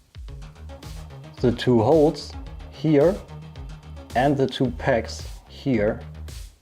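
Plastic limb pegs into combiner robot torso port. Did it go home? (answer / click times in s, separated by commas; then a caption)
no / none. Two plastic pegs on a combiner limb of a Unique Toys Ragnaros (3P MP Bruticus) toy robot are lined up with two holes in the robot's torso port and handled toward it. Someone talks over background music, with a few faint taps. The clip ends before the pegs are pushed home, so nothing has seated yet.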